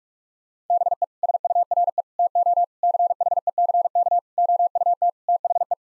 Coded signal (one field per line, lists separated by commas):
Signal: Morse code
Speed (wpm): 47 wpm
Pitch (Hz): 700 Hz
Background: none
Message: BE SURE TO CHECK OUT THE